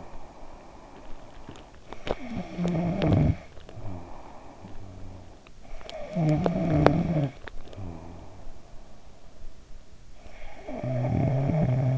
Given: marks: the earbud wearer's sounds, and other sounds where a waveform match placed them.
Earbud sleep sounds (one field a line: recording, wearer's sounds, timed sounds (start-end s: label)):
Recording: sounds in sleep by an in-ear microphone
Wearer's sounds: snoring breath, teeth grinding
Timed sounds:
0.00-9.88 s: snoring breath
1.80-3.25 s: teeth grinding
5.70-7.63 s: teeth grinding
10.02-11.98 s: snoring breath